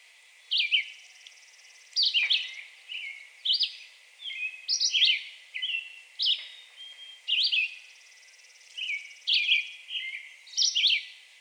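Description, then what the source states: Red-eyed Vireo song: short, slurred whistled phrases given about once a second in an unhurried string. Recorded 2020-06-02.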